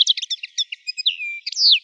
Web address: Carduelis cannabina